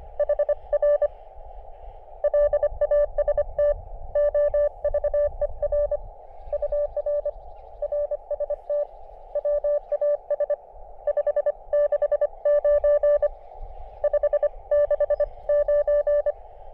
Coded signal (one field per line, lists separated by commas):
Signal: Morse code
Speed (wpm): 25 wpm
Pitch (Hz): 590 Hz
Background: none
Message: HR LAST OVER UR RST WAS 569 569